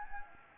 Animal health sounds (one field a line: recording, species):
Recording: mosquito wingbeat signal from an infrared sensor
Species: Anopheles gambiae